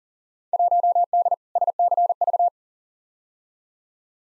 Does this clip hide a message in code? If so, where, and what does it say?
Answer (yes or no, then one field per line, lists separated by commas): yes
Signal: Morse code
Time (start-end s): 0.5-2.5 s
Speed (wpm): 40 wpm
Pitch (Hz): 700 Hz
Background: none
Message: 1D SCV